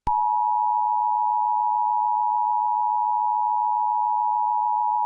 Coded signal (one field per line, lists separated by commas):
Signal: Emergency Alert System (SAME) tones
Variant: 853 and 960 Hz attention tone